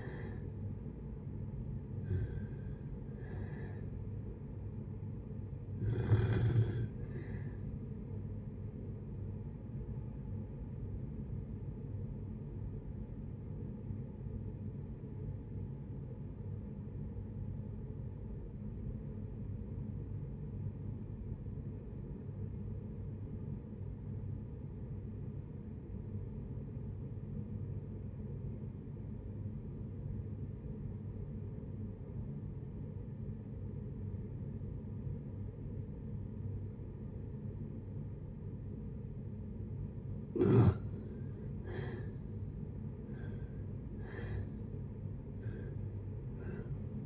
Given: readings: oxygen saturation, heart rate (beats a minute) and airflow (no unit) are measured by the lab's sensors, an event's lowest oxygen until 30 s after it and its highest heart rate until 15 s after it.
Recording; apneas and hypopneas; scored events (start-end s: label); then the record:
breathing in sleep by a smartphone at the bedside; 1
15.00-41.10 s: obstructive apnea (N1, oxygen 96% highest, then 70% lowest, heart rate 62 at the start, 80 highest)
From the record:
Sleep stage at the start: N1 (lightest sleep); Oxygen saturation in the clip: 75 to 96%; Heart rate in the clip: 57 to 77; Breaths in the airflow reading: 6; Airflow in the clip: -7.3 to 7.0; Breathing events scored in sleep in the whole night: 496 in 5.4 hours asleep